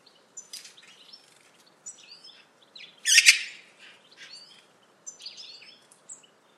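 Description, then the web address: Bird calls: short, high chirps and thin notes scattered throughout, with one louder, dense burst of chirping near the middle and quiet gaps between calls. "cianscape birddata Deverinetal 2025"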